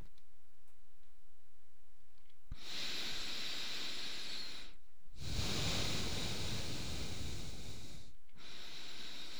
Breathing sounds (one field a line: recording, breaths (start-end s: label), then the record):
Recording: nose breathing near a microphone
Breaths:
2.22-4.75 s: inhalation
4.75-8.16 s: exhalation
8.16-9.40 s: inhalation
From the record:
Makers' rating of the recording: medium